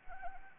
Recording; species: mosquito wingbeat signal from an infrared sensor; Anopheles arabiensis